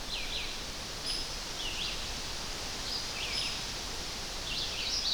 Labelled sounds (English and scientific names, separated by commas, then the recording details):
Red-eyed Vireo (Vireo olivaceus) song
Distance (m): 65 m
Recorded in boreal forest in Alberta, Canada, on 10 June 2016 at 06:24
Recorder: SongMeter 3, array SBT-3-39
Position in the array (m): 203 m, 120 m